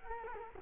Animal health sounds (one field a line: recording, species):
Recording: mosquito wingbeat signal from an infrared sensor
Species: Culex quinquefasciatus